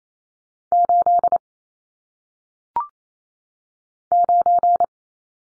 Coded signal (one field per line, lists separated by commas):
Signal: Morse code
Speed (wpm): 28 wpm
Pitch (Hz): 700 Hz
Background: none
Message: 8 9